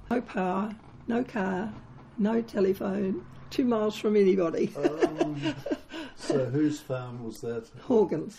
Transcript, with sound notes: No power, no car, no telephone, two miles from anybody. [Chuckle] Oh! So whose farm was that? Horgan’s.